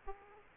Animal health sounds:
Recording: mosquito wingbeat signal from an infrared sensor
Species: Aedes aegypti

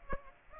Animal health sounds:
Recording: mosquito wingbeat signal from an infrared sensor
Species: Aedes aegypti

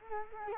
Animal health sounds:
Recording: mosquito wingbeat signal from an infrared sensor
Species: Culex quinquefasciatus

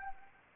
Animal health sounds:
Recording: mosquito wingbeat signal from an infrared sensor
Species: Anopheles arabiensis

